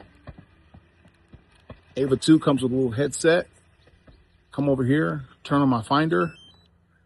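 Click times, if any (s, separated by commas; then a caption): none. A part on the Ava 2 drone's headset goggles is handled during setup while the viewfinder is turned on, with a few faint taps early on and someone talking. Nothing has seated or clicked into place yet.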